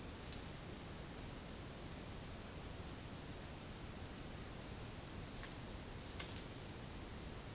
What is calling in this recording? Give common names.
none